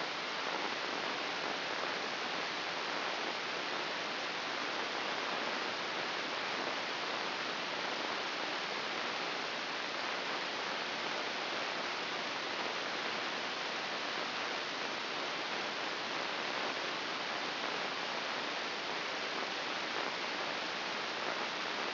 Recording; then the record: brain microelectrode recording played as sound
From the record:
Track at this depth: inside the subthalamic nucleus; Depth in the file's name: 4.14 mm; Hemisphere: right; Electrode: 2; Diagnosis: Parkinson's disease